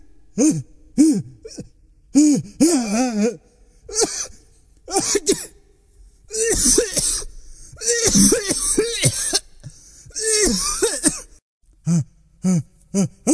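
Short, sharp voiced coughs and throat-clearing bursts come in clusters, interrupted by three longer, harsh, hissing bursts typical of sneezes. An adult acts out coughing and sneezing in a quiet room.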